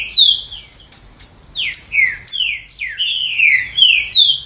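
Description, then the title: Green-winged Saltator song: a brief whistle, a few clicks, then a steady series of loud whistled notes that slide downward in quick succession. "Trinca Ferro"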